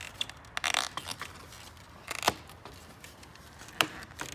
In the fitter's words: So you hear the clicking noise, and that signifies that it's in there correctly.